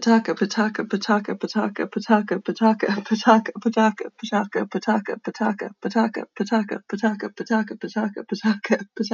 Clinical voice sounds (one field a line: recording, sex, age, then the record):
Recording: repeated syllables /pa ta ka/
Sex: female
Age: 30 to 39 years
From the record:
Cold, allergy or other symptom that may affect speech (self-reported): no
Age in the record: 32 years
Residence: Pennsylvania, United States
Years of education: 14